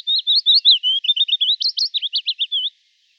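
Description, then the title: Willow warbler song: a phrase of many sweet, slurred whistled notes in quick succession. "Sylvain Jaskowiak - Mes piafs. Pouillot fitis"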